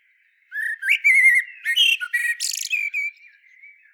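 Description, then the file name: Eurasian blackbird song: a continuous run of clear fluted whistles and warbles with a buzzy, squeaky high flourish, then softer notes that fade out. "Turdus merula"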